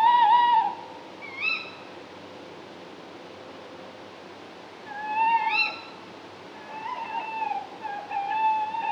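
Tawny owl with a wavering note and a short hooked call, a pause, then more hooked and quavering calls.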